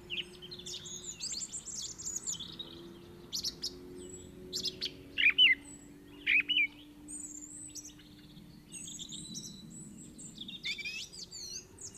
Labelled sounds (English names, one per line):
Song Thrush song